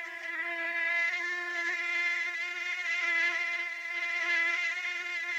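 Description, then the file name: Mosquito wing whine, a steady high buzzing hum with rich harmonics, swelling and fading slightly as it continues for several seconds. "moustique bruit"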